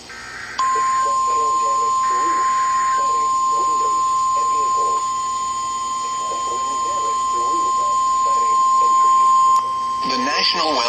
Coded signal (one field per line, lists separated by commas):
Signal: Emergency Alert System (SAME) tones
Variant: 1050 Hz attention tone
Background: speech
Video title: Severe Thunderstorm Watch Noaa Weather Radio station KID 77 Kansas City MO